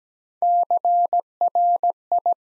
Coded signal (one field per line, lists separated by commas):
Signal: Morse code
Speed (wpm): 17 wpm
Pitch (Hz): 700 Hz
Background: none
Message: CRI